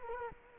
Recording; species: mosquito wingbeat signal from an infrared sensor; Culex quinquefasciatus